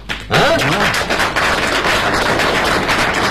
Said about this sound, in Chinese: 啊，哎呀，感谢大家啊， 还没唱就鼓掌了， 太热情了。